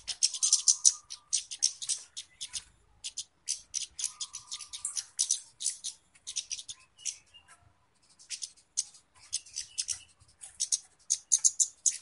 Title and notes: Kicau Burung Kemade ( Cabe Cabean) Jernih 9. Suara Burung Cabe Cabean Pikat